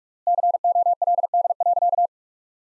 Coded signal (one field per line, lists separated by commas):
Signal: Morse code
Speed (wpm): 46 wpm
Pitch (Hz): 700 Hz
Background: none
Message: COLD.